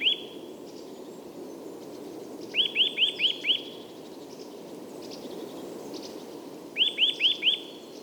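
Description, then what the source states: Eurasian nuthatch repeating quick series of four to five rising whistled notes in bursts a few seconds apart, a single note at the very start, over steady low background noise. Bird singing and displaying in woods north of Stockholm, Sweden, in winter, stopping and starting.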